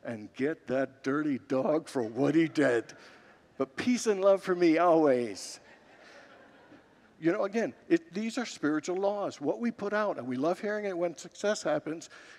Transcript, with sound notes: and get that dirty dog for what he did. But peace and love for me always.” [Congregants laugh] You know, again, these are spiritual laws. What we put out… And we love hearing it when success happens,